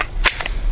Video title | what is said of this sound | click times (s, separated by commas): Glock 17 Vs Glock 19 | it'll stick out a little bit, but it'll lock in. | 0.0 s